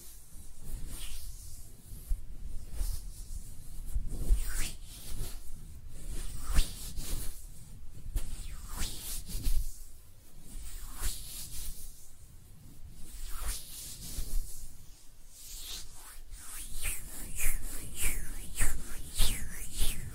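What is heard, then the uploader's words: Hands rub and brush against each other in a continuous, uneven stream of soft friction sounds with no talking. Strokes come in quick bursts every second or so, some hissy and bright, others duller, with brief pauses between gestures and occasional light taps. ASMR Relaxing Hand Sounds (No Talking).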